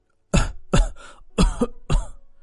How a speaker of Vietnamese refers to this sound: Đám thân phu chuẩn bị không kịp, ai đấy cũng đều bị ho khổ khổ, hai tay khua loạn xạ.